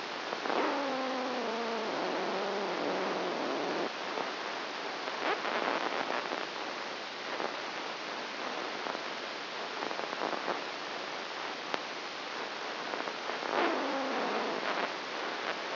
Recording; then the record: brain microelectrode recording played as sound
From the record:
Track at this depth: inside the subthalamic nucleus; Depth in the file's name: 1.98 mm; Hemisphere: left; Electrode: 1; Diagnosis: Parkinson's disease